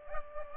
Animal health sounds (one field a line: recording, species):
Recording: mosquito wingbeat signal from an infrared sensor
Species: Aedes aegypti